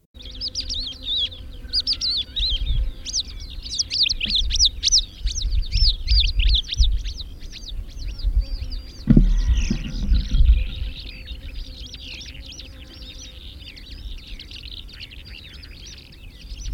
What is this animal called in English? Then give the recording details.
Calandra Lark. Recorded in the wild. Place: Kavarna, Varna, BG. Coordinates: 42.825, 28.181. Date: 1974-06-06. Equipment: Nagra III BH, Sennheiser MD 21, parabola. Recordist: Schubert, Michael